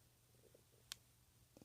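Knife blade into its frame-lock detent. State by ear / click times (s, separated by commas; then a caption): seated / 0.9 s. A custom Kershaw Nerve folding knife with a Bohler K110 (D2) steel blade is closed so the frame-lock detent ball drops into its hole, giving one sharp, short click at 0.9 s over a quiet low hum, with a couple of faint soft ticks near 1.6 s. The blade is held shut nice and solid, with no detent play.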